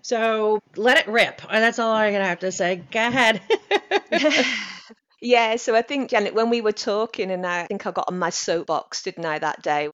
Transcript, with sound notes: So let it rip, that’s all I have to say. Go ahead. (laughs)
Yeah, so I think Janet, when we were talking and I think I got on my soapbox, didn’t I, that day?